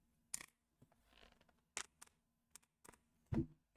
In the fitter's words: you can hear it clicking.